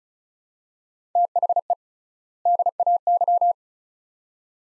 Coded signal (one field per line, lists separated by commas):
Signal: Morse code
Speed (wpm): 36 wpm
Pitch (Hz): 700 Hz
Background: none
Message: THE DAY